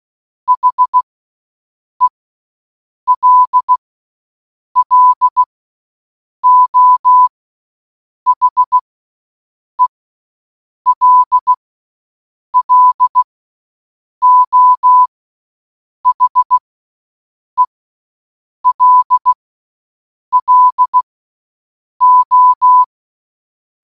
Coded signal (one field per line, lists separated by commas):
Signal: Morse code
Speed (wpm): 16 wpm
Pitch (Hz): 1000 Hz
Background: none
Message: HELLO HELLO HELLO